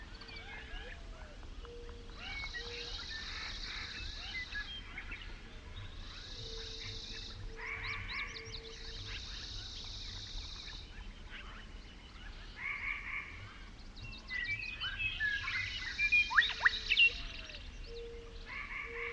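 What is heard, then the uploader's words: An outdoor canyon soundscape with a dense chorus of frogs croaking and trilling throughout, their buzzy bursts repeating in clusters. A low steady hum sits underneath, and a faint tone near the bottom recurs. Sharper calls and clicks pick up after the midpoint. Pipestone Canyon in Eastern Washington.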